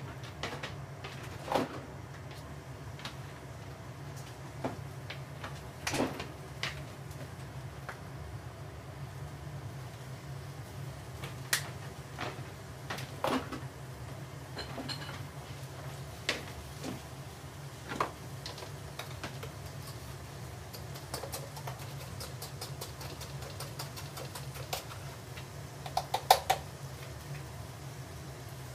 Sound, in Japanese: 煮物と包丁研ぎ